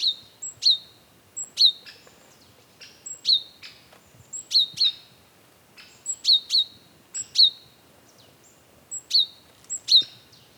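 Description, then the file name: Great tit calls: sharp, high double notes with quick downward slurs, repeated many times in short groups over a quiet background. "Parus major"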